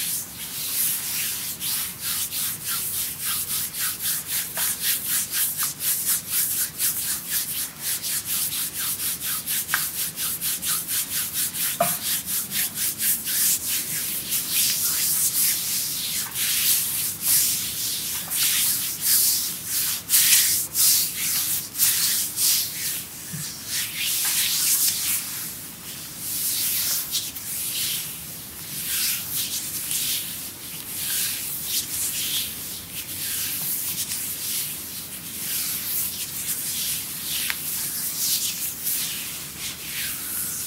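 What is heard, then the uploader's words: A full body massage with creamy lotion: steady, dense rubbing and slick swishing strokes, brighter and busier after fifteen seconds, continuing without pause. ASMR Creamy Full Body Massage by Adel.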